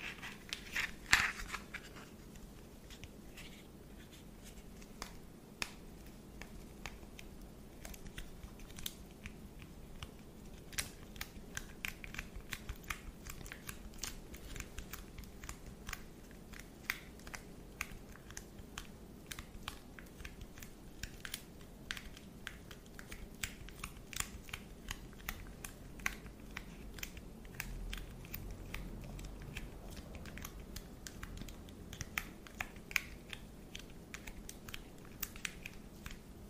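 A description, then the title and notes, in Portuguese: Dense tapping and crisp clicks on hard objects, rapid and irregular throughout, over a soft low rumble. ASMR com gatilhos super relaxantes com a cor preta.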